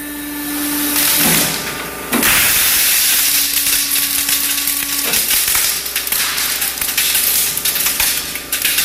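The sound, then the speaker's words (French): A 23-foot-long sheet of bubble wrap bursts in a loud, dense, continuous crackle, countless pops blurring together over a steady mechanical hum, with a couple of brief surges and dips. “donc on va aller voir de quoi ça a l'air quand on fait péter 23 pieds de long de bubble wrap.”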